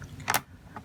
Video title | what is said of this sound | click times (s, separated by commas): The Works Project Board | Okay. Okay, and it snaps in place even though I'm holding it up at an angle, | 0.3 s